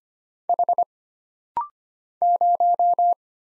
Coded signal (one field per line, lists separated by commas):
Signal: Morse code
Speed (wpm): 25 wpm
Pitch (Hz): 700 Hz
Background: none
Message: H 0